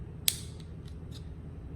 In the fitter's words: there's this little button right here you just click it it pop there out yeah